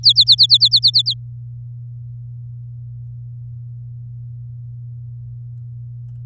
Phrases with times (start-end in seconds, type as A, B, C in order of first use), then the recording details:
0.03-1.14 A. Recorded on 8 May 2018 at 06:15. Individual llb16